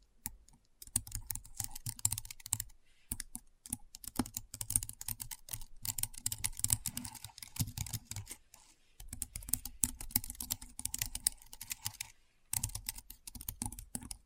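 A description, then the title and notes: Keyboard typing in rapid, dense bursts of sharp clicks, each key a crisp tap with a low thud beneath. Short pauses break the flow near three, nine and twelve seconds before the typing resumes at a similar quick pace. ASMR Keyboard Sounds (No Talking).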